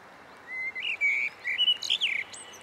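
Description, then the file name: Eurasian blackbird song: one mellow, fluty phrase of several whistled notes that rise and fall, ending in a thin, high squeaky flourish. "Merle noir Turdus merula"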